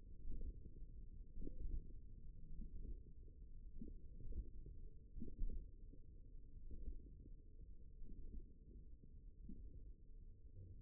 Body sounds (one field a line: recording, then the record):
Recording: forearm muscle sounds (acoustic myography)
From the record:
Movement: hand closing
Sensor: system 1, eight BSWA MPA416 microphones around the upper forearm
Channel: 4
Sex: male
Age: 54 years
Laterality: right